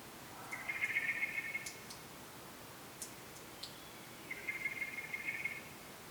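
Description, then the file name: Common blackbird uttering two rasping, buzzy calls about four seconds apart, with a few soft ticks between them. "Turdus merula"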